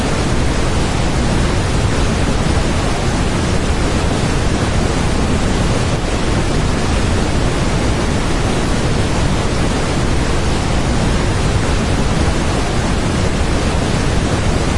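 A big waterfall pours without pause, a dense, even roar that fills everything from deep rumble to bright hiss. The level holds completely steady for the whole stretch, with no distinct splashes or gaps.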